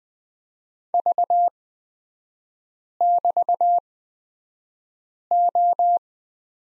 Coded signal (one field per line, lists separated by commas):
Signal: Morse code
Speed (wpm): 20 wpm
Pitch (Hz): 700 Hz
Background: none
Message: V<BT>O